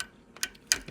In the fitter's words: Just literally just force it in there. It pops into place.